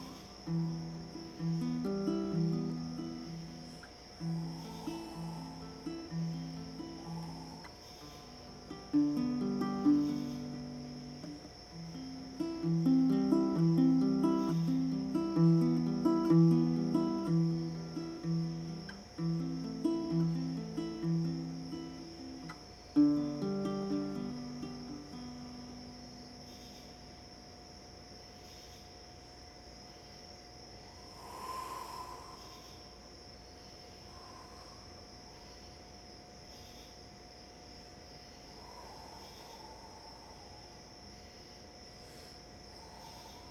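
A steady high cricket chirr runs through the whole piece beneath low, sustained sung or bowed tones that move in stepped phrases for the first twenty-odd seconds. After that the melody drops away, leaving the crickets and a faint hum, with a few soft struck accents near 31 and 38 seconds.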